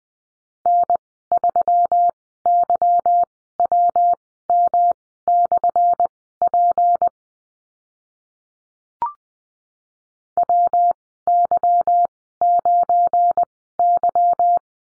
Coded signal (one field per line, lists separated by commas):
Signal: Morse code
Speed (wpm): 20 wpm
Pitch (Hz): 700 Hz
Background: none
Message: N3YWM/P WY9Y